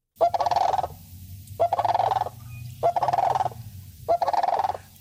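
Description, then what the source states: Sandhill crane bugling calls: four loud, rolling, rattled bursts, each under a second long, repeated roughly every 1.3 seconds with short silent gaps between them. Familiar sound in Northern Ontario farm country; hunted to near extinction in the province in the early 1900s, since protected, and considered a pest by farmers for crop damage.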